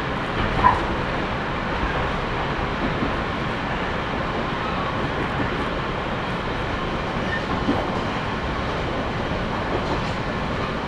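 A Sangi Railway train runs along the Sangi Line with a steady, dense rumble and rattle, plus a brief sharp click near the start.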